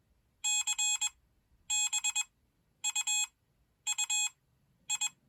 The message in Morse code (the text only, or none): CBUUI